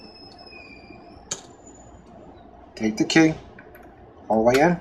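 A rekey reset tool is pushed into the hole in a lock cylinder and clicks into place at 1.3 s, leaving the tool seated. Someone talks afterward.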